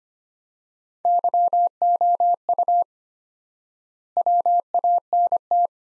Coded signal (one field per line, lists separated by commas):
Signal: Morse code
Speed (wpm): 25 wpm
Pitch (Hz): 700 Hz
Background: none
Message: YOU WANT